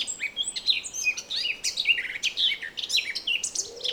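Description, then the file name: Eurasian blackcap singing continuously, a quick jumble of bright whistled and scratchy notes that rise and fall without a break. "Sylvia atricapilla"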